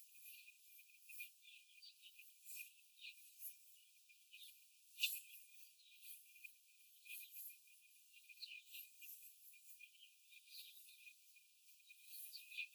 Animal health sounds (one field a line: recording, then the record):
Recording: young laying hens in a cage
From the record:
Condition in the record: before the stressor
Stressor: simulated dog barking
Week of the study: 4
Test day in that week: 1